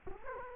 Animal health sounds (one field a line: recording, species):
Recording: mosquito wingbeat signal from an infrared sensor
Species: Culex quinquefasciatus